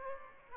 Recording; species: mosquito wingbeat signal from an infrared sensor; Aedes aegypti